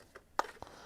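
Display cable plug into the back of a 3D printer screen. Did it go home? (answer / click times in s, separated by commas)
yes / 0.4 s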